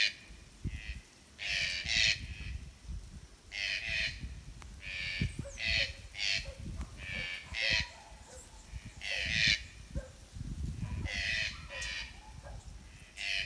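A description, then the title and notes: Two green-billed toucans call back and forth in repeated hoarse, croaking bursts every second or so, over a low rumbling background. Two “green-billed toucan” serenade on Brazil. State of Santa Catarina.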